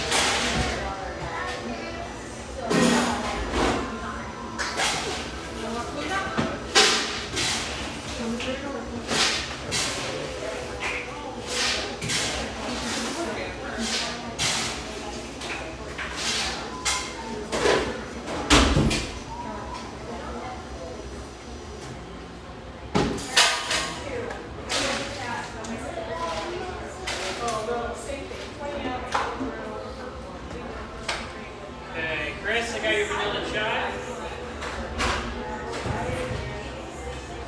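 A café murmur of overlapping voices runs steadily throughout, with no single talker standing out. Sharp clinks and knocks, like dishes or cups, break through every few seconds, with a cluster of louder ones near 3, 18 and 23 seconds.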